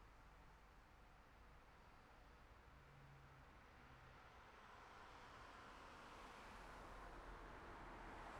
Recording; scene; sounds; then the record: everyday scene through a hearing-aid microphone; in traffic; traffic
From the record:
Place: city secondary road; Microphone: behind the ear, left, front